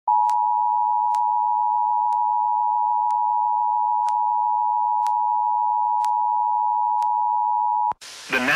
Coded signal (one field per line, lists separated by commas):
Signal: Emergency Alert System (SAME) tones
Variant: 853 and 960 Hz attention tone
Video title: Tornado Warning on WMDT 47 Salisbury (EAS #1803)